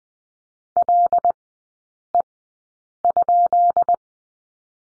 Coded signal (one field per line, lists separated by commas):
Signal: Morse code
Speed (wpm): 20 wpm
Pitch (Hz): 700 Hz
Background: none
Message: LE?